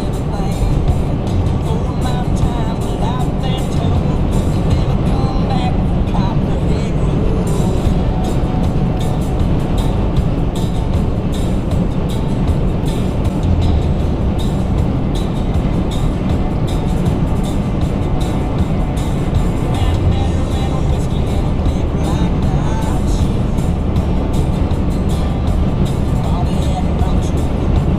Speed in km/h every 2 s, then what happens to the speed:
159, 161, 163, 163, 163, 163, 161, 161, 161, 161, 161, 161, 159, 159.
0-28 steady at about 161.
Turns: none.